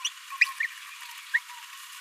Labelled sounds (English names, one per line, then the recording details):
Green-rumped Parrotlet babbling
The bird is a male
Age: 26 days
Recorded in a nest box in Venezuela
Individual 17B42A3